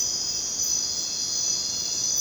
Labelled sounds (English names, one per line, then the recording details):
none
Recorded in dense forest near Puerto Asís, Putumayo, Colombia, on 22 June 2025 at 23:30
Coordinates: 0.484, -76.317
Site G045